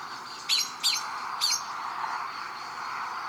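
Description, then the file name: Eurasian blackbird calls, three sharp clicking notes in quick succession, then a steady hiss of background noise. "Turdus merula"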